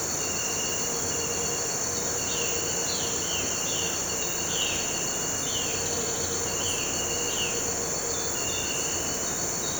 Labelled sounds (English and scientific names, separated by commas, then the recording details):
Violaceous Jay (Cyanocorax violaceus)
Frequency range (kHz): Violaceous Jay (Cyanocorax violaceus) 2.0-4.5 kHz
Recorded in pastures near Puerto Asís, Putumayo, Colombia, on 4 March 2025 at 06:30
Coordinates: 0.466, -76.322
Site CSA-02